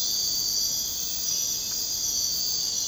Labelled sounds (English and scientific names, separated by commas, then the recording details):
none
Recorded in secondary vegetation near Puerto Asís, Putumayo, Colombia, on 23 June 2025 at 01:00
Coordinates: 0.484, -76.319
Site G074